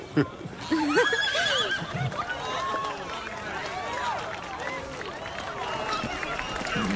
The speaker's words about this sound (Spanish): ¡Un caballo! ¡Un caballo!